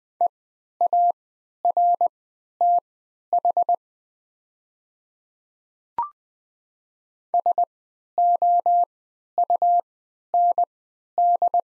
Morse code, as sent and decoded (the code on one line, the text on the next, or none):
. .- .-. - .... / ... --- ..- -. -..
EARTH SOUND